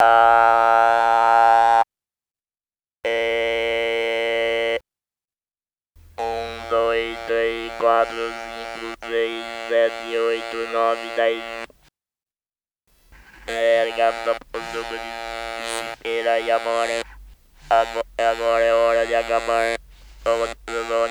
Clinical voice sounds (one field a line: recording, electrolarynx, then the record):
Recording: speech with an electrolarynx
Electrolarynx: modified device, with random pitch perturbation and pitch set by sex and age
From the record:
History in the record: total laryngectomy